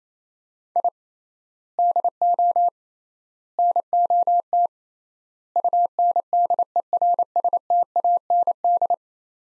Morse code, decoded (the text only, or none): I DO NOT UNDERSTAND